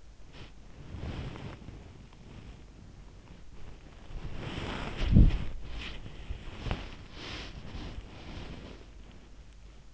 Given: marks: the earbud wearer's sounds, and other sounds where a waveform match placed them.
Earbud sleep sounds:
sounds in sleep by an in-ear microphone; body movement
0.00-9.01 s: body movement

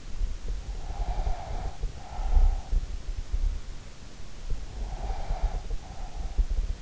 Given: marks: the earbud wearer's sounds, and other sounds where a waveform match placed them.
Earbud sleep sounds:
sounds in sleep by an in-ear microphone; breath
0.76-2.96 s: breath
4.12-6.25 s: breath

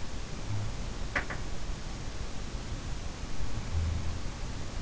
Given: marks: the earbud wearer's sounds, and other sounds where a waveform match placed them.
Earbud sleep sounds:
sounds in sleep by an in-ear microphone; teeth grinding
0.89-2.27 s: teeth grinding

